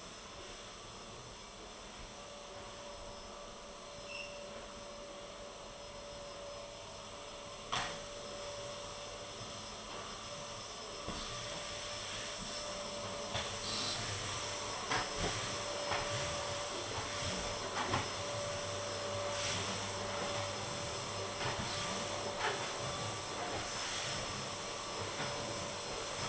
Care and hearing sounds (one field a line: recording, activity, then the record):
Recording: daily activity, microphone in the room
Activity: vacuum cleaning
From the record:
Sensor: 4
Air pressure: 1012.7 hPa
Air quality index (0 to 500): 249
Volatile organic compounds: 5 ppm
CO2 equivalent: 1706 ppm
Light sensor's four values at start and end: 13/30/12/11 and 12/28/11/11